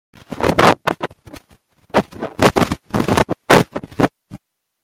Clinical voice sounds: short text; Brazilian Portuguese; male; 20 to 29 years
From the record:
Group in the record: control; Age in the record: 21 years

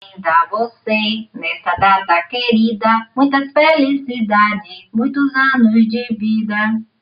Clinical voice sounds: short text; Brazilian Portuguese; female; 50 to 59 years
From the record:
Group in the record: control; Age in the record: 57 years

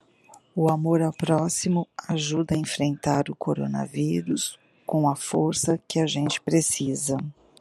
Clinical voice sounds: spoken sentence; Brazilian Portuguese; female; 50 to 59 years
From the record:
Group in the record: control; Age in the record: 59 years

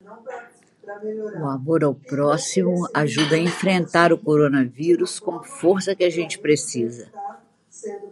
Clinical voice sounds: spoken sentence; Brazilian Portuguese; female; 60 to 69 years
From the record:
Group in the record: control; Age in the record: 68 years

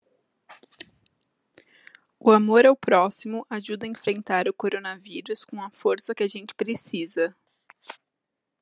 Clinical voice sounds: spoken sentence; Brazilian Portuguese; female; 20 to 29 years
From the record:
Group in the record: control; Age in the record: 22 years

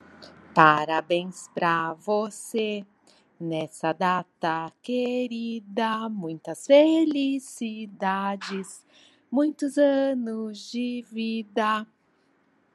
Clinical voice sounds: short text; Brazilian Portuguese; female; 50 to 59 years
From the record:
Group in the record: control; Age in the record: 56 years

